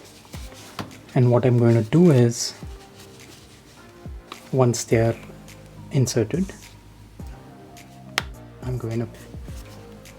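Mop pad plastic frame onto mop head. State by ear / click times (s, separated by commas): seated / 8.2 s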